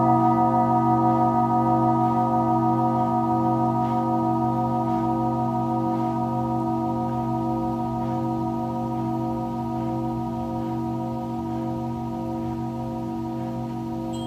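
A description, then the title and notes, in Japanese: A singing bowl rings in a long sustained tone, several steady pitches layered from low hum to bright overtones. The sound slowly pulses and wavers while fading very gradually over the whole stretch, with faint soft ticks scattered throughout. シンギングボウルのサウンドヒーリング。チベタンシンギングボウル。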